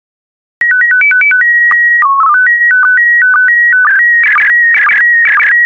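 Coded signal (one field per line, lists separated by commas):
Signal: SSTV (slow-scan television)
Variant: PD 120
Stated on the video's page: Christmas SSTV transmission in PD120 format.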